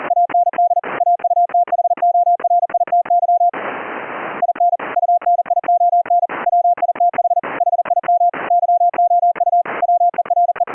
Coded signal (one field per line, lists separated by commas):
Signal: Morse code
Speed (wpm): 40 wpm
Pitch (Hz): 700 Hz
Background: none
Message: AND AUTHORITY IN UNION WITH HIM YOU WERE